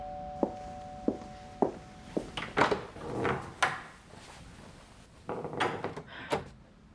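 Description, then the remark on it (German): A door is opened amid a string of wooden knocks and thuds, with scraping, shuffling movement between them and a final cluster of clatters; no one speaks. “Sie können die Tür offen lassen.”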